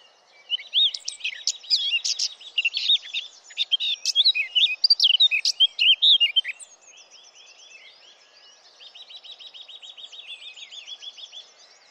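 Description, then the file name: Eurasian blackcap song: a dense, loud warbling phrase of varied notes, then a softer, fast, even trill. "Sylvia atricapilla"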